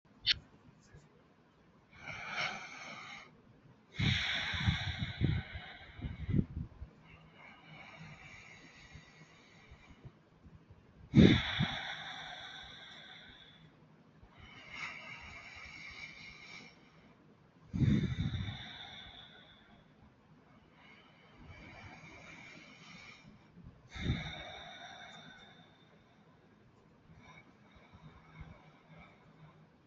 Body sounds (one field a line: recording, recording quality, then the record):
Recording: deep breathing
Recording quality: excellent, no background noise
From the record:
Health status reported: healthy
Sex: male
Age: 23 years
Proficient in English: yes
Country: India